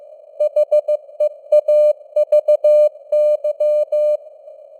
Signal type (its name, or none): Morse code